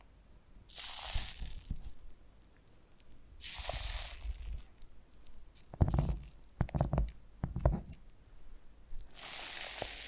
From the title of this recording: Foam Massage